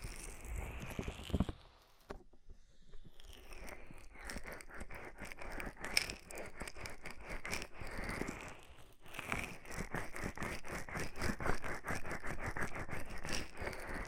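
Oily, foamy rubbing and massaging with a steady wet crackle and fizz, made of dense rapid clicks and squelches. A brief near-silent gap falls around two seconds, then the slick, popping strokes build again, growing busier and brighter after nine seconds.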